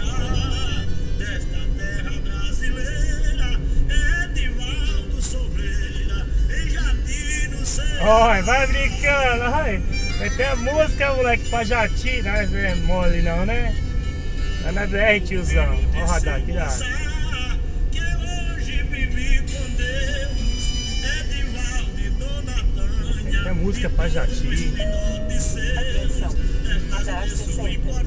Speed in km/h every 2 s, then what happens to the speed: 52, 50, 48, 45, 49, 50, 47, 46, 43, 44, 45, 48, 52, 52.
0-5 slows to 45. 5-10 steady at about 49. 10-15 slows to 43. 15-28 speeds up to 52.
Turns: none.